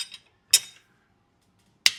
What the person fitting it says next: There, hear it snap. That's the bearing coming loose.